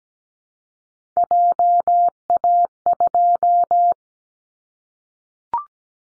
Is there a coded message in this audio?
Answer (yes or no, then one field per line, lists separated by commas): yes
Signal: Morse code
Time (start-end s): 1.2-3.9 s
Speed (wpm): 17 wpm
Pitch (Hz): 700 Hz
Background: none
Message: JA2